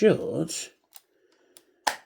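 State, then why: Seated. Someone talks briefly as a plastic arm section of a large Transformers: Armada Unicron transforming robot toy is moved into arm position, with faint ticks near 1.0 s and 1.6 s. A sharp click at 1.9 s marks the arm joint snapping home into the body, seated in place.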